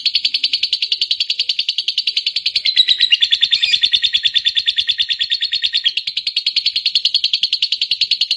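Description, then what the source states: Lovebird keeping up a continuous rapid chatter of high rasping notes, steady and energetic throughout with small dips in pitch. Fighter-type lovebird singing energetically, described as gacor.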